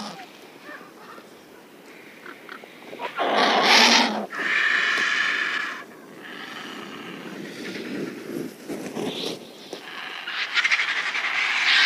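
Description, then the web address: Griffon vulture producing broad, breathy hisses and rasping bursts, one loud burst near four seconds, then quieter scratchy calls building toward the end. "Schulze Peter Eurasian Griffon"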